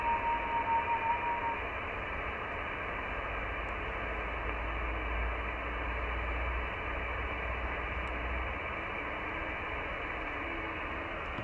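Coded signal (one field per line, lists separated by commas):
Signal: FT8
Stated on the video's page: FT8 from a Pitcairn Island DXpedition on 21 MHz (15m), worked from Korea; DXpedition station used an SPE Expert 1.3K-FA amplifier, hex beam, IC-7600.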